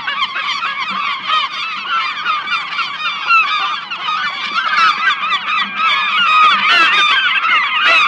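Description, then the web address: Gull flock in full cry, many loud rising and falling squeals overlapping continuously, with sharper yelps standing out near the end. "seagulls"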